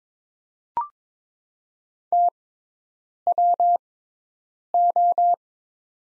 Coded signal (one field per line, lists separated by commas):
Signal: Morse code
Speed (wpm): 23 wpm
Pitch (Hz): 700 Hz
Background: none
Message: TWO